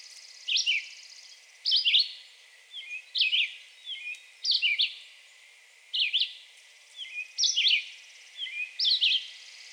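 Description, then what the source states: Red-eyed Vireo song: short, slurred whistled phrases repeated with brief pauses between them. Recorded 2020-06-02.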